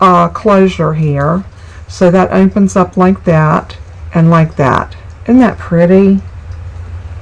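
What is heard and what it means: A magnetic closure on a handmade folded paper card is opened and handled while someone talks over a low steady hum. The magnet has not snapped shut and nothing has clicked yet.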